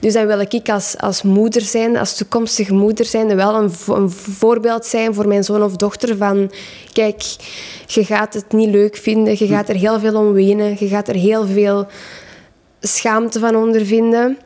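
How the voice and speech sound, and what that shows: An adult woman speaking Dutch with stuttering: whole-word and part-phrase repetitions, hesitations with brief pauses, and drawn-out sounds breaking up otherwise fluent, well-voiced speech.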